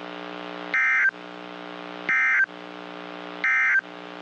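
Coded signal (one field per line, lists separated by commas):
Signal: Emergency Alert System (SAME) tones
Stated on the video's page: Real severe thunderstorm, tornado and flash flood warnings for North and Central Texas from transmitters at Fort Worth, Dallas and Waco.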